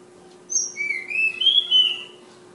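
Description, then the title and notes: Flowerpecker song: a short string of high piercing whistles and slides, running on for about a second and a half. Bird named Ababil, from Kudus; local names tledekan and sulingan. "Tledekan/Sulingan ABABIL. Suara Burung Tledekan Ababil dari Kudus"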